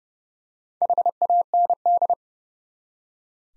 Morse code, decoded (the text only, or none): HAND